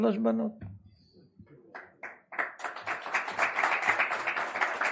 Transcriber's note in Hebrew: מחיאות כפיים